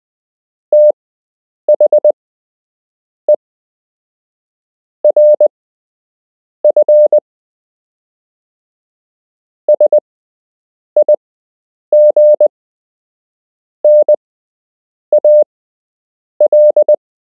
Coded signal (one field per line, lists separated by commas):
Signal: Morse code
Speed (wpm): 20 wpm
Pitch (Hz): 600 Hz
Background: none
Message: THE RF SIGNAL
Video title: You can learn Morse code - Part 6